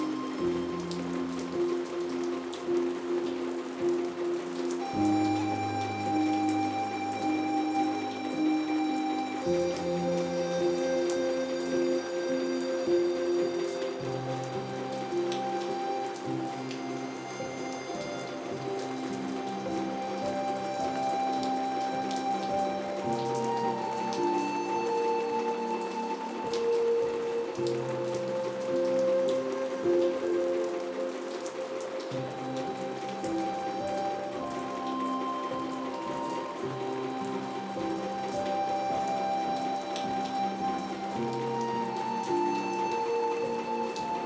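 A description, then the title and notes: Rain patters steadily on an attic roof, a dense, even hiss of drops at constant loudness. Over it, soft sustained tones and low notes shift to new chords every few seconds, forming a slow, continuous musical bed throughout. Rain In The Attic.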